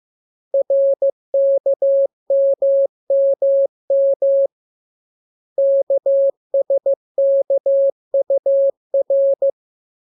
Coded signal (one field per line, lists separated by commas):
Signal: Morse code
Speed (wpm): 15 wpm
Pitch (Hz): 550 Hz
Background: none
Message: RKMMM KSKUR